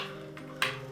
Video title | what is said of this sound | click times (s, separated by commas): A L S Lesson | and then that just snaps into place like that | 0.6 s